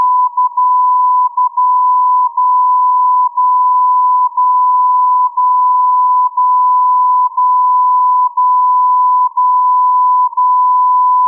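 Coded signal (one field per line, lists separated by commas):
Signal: radio time signal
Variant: MSF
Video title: MSF Time Signal, Anthorn U.K. - 60 kHz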